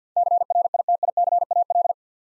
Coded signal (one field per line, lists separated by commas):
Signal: Morse code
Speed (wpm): 48 wpm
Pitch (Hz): 700 Hz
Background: none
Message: CRITICAL